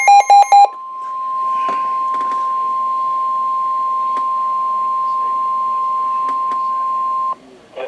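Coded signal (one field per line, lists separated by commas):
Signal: Emergency Alert System (SAME) tones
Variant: 1050 Hz attention tone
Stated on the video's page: NOAA Weather Radio Severe Thunderstorm Warnings received on a Midland WR120b weather radio.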